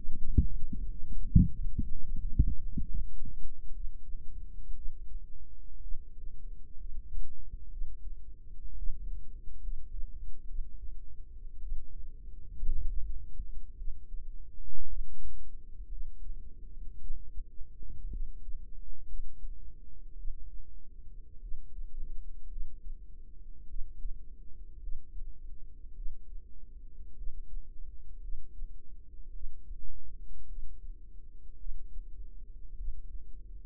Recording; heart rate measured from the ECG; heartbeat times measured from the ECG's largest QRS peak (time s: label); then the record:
heart sounds by microphone in the right ear; 58 bpm
0.45 s: heartbeat
1.27 s: heartbeat
2.02 s: heartbeat
2.86 s: heartbeat
3.74 s: heartbeat
4.75 s: heartbeat
5.82 s: heartbeat
6.78 s: heartbeat
7.71 s: heartbeat
8.77 s: heartbeat
9.62 s: heartbeat
10.48 s: heartbeat
11.62 s: heartbeat
12.68 s: heartbeat
13.77 s: heartbeat
14.88 s: heartbeat
15.89 s: heartbeat
17.00 s: heartbeat
18.11 s: heartbeat
19.08 s: heartbeat
20.17 s: heartbeat
21.41 s: heartbeat
22.49 s: heartbeat
23.68 s: heartbeat
24.80 s: heartbeat
25.95 s: heartbeat
27.16 s: heartbeat
28.21 s: heartbeat
29.33 s: heartbeat
30.47 s: heartbeat
31.58 s: heartbeat
32.77 s: heartbeat
From the record:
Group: healthy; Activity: light exercise 0-2 s, rest 2-34 s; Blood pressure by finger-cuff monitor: 103/59 mmHg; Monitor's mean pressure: 74 mmHg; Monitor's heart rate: 55 bpm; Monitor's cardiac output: 5.4 L/min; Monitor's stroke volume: 98 mL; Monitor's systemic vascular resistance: 950 dyn s/cm5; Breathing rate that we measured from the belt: 20 breaths a minute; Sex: female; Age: 28 years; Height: 170 cm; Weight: 77 kg